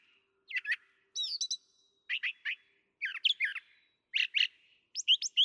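Brown thrasher singing a series of harsh, chirpy phrases in short groups about a second apart, against a quiet background.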